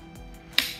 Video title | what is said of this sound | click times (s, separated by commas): Новая Винтовая и усиленная Система RotorFix от TilerExpert #топ #ремонт #new | слышали опять щелчок то | 0.6 s